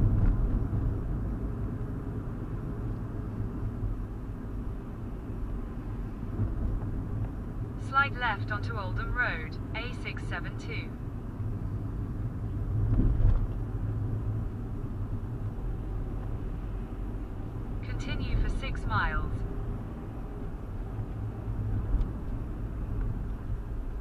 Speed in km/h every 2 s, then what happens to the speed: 42, 40, 39, 39, 39, 35, 35, 35, 37, 39, 44, 42.
0-10 slows to 35. 10-17 steady at about 35. 17-20 speeds up to 44.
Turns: none.